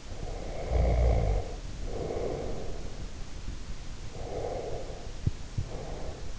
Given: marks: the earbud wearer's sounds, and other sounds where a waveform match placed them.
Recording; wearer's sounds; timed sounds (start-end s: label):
sounds in sleep by an in-ear microphone; snoring breath, breath
0.05-3.02 s: snoring breath
4.06-6.39 s: breath